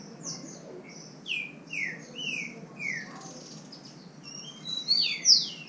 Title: Trinca Ferro NICÃ O No Mato Disputando Com Solto